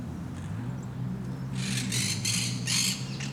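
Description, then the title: Parakeet calls: a quick run of several harsh, grating screeches in the second half, over a constant low hum. Parc de Forest, Saint-Gilles, Belgium; recorded with Sony PCM-D100 internal microphones in wide position. "Parc de Forest, 1060 Saint-Gilles, Belgique - Parakeets - Perruches"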